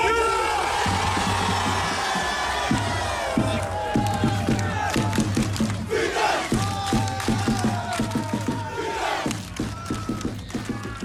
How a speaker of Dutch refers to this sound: VVV degradeerde definitief, dus zou je daar boze supporters verwachten. Maar niet in Venlo. Zo'n 20 supporters besloten de spelers met applaus op te wachten.